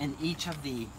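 A telescoping ladder section lock in the rail of a SINMEIRUN aluminum telescoping ladder is handled while the next aluminum sections are being extended. A man talks over the handling. Nothing has seated or clicked yet; the section is not yet locked.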